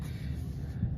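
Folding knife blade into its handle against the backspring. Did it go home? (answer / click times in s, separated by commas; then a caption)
no / none. The blade of a traditional folding pocket knife (a slipjoint) is worked into its handle against the backspring, heard as a steady low hum with faint hiss and soft handling noise. Nothing has seated or snapped into place yet.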